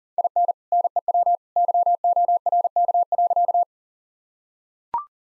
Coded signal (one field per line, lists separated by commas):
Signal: Morse code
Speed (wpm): 40 wpm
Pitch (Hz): 700 Hz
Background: none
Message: IN NEW YORK.